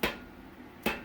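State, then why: Seated. A steel main bearing cap that sat slightly high on the engine block of a Ford 428 for a 1964 Galaxie 500 is tapped down with a dead blow hammer. A sharp, broadband tap sounds at 0.0 s and fades, followed by a second similar tap at about 0.9 s. The cap seats into the block at 0.0 s.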